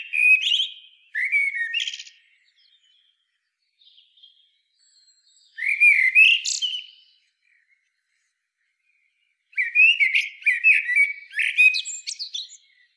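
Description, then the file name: Common blackbird song: three fluty, warbled phrases a few seconds apart, each low whistle ending in a high squeaky twitter, with silence between. "Turdus merula"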